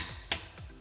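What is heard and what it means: A click-type torque wrench set to 100 foot-pounds is pulled in one smooth sweep on a large automotive fastener. A single sharp click is heard at 0.3 s against quiet background, and the wrench has reached its torque setting.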